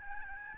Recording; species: mosquito wingbeat signal from an infrared sensor; Aedes albopictus